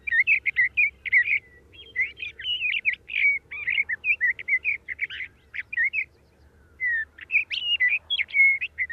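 Sage thrasher pouring out fast warbled phrases of slurred whistles, pausing briefly after several seconds, then resuming the tumbling song.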